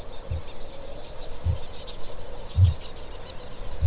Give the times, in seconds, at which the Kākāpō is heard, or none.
0.12-3.86